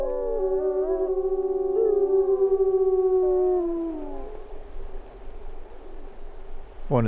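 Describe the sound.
Wolf howling, a long smooth tone held and then falling slightly, fading out before a sharp rising call at the very end.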